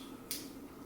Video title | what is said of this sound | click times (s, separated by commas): Sniper Marine Livescope Pole, Holster, and ModeShift Transducer Bracket Install made EASY! | squeeze it together till it snaps | 0.3 s